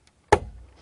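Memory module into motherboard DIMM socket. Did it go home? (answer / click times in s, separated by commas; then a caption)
yes / 0.3 s. A memory module, its notch lined up with the notch in a white DIMM socket on a motherboard, is pressed straight down into the socket. A faint tick comes at 0.1 s, then a sharp, loud click at 0.3 s as the retention tabs lock, followed by a short fading ring. The module is fully seated with the tabs engaged.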